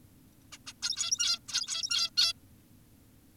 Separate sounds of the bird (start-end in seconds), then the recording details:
0.52-0.58, 0.67-0.73, 0.83-1.39, 1.48-2.10, 2.18-2.33. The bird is an adult. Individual g17y2U